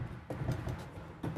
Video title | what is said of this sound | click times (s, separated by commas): Winnebago EKKO 22A | you can actually latch it right there on all four blocks | 0.3 s